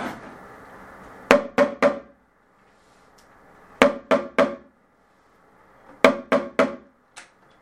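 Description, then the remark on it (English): A drum played to imitate knocking on a door, struck in quick groups of three sharp raps, repeated three times with pauses between, and a single lighter tap at the end. “Knocking. That's it. That is what I'm playing on the drum.”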